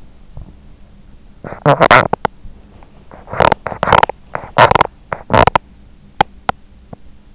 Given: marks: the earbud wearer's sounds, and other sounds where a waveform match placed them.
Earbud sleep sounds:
sounds in sleep by an in-ear microphone; teeth grinding
1.46-7.03 s: teeth grinding

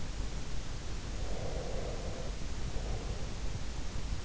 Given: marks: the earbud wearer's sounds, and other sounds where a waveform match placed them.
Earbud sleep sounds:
sounds in sleep by an in-ear microphone; breath
1.21-3.75 s: breath

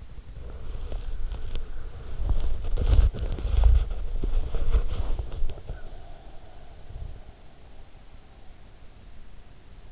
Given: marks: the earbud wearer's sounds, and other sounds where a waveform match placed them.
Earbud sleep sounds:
sounds in sleep by an in-ear microphone; body movement, breath
0.00-7.84 s: body movement
5.50-7.53 s: breath

